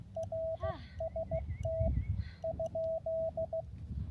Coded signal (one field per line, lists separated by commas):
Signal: Morse code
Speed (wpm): 16 wpm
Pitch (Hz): 650 Hz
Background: radio noise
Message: RST?